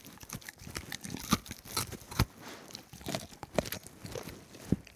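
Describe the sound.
Dog gnawing a bone, irregular dry crunches, scrapes and clicks of teeth on bone, with louder cracks at intervals.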